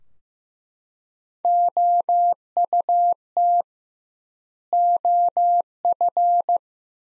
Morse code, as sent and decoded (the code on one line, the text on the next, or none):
--- ..- - / --- ..-.
OUT OF